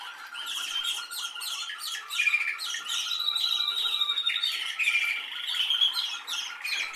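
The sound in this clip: Canary song of rapid chattering notes and bright trills, with several short, ringing high phrases over a lower trill.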